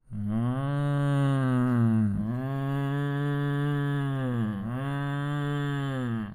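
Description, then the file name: Cow mooing: three long, deep, drawn-out moos follow one another without pause. "Vacas"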